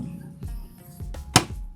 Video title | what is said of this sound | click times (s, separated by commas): Baklas Fairings at Footpeg / Footrest kay Honda Giorno 125 | Okay, yan. So, nag-click na lahat. | 1.4 s